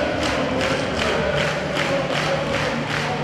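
A large crowd claps together in a steady, rhythmic beat, roughly two claps per second, over a loud continuous roar of crowd noise.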